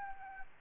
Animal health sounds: mosquito wingbeat signal from an infrared sensor; Aedes albopictus

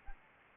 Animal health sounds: mosquito wingbeat signal from an infrared sensor; Anopheles arabiensis

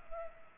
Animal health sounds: mosquito wingbeat signal from an infrared sensor; Culex pipiens

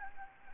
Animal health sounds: mosquito wingbeat signal from an infrared sensor; Anopheles arabiensis

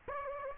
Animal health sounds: mosquito wingbeat signal from an infrared sensor; Aedes aegypti

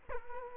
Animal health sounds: mosquito wingbeat signal from an infrared sensor; Culex quinquefasciatus

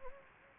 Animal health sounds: mosquito wingbeat signal from an infrared sensor; Anopheles gambiae

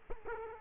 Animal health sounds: mosquito wingbeat signal from an infrared sensor; Culex quinquefasciatus

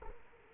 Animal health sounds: mosquito wingbeat signal from an infrared sensor; Culex quinquefasciatus

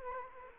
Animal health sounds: mosquito wingbeat signal from an infrared sensor; Culex quinquefasciatus

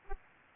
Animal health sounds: mosquito wingbeat signal from an infrared sensor; Aedes albopictus

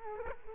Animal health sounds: mosquito wingbeat signal from an infrared sensor; Culex quinquefasciatus

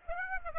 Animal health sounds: mosquito wingbeat signal from an infrared sensor; Aedes aegypti

